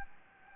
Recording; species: mosquito wingbeat signal from an infrared sensor; Anopheles gambiae